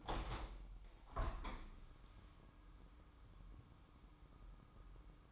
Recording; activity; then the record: daily activity, microphone in the room; open window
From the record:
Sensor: 1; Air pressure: 998.1 hPa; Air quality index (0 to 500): 137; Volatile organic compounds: 4 ppm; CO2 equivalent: 1638 ppm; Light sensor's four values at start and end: 16/55/22/22 and 16/55/22/22